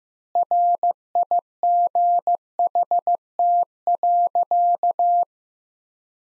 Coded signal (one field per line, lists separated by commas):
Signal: Morse code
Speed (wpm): 15 wpm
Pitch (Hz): 700 Hz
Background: none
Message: RIGHT.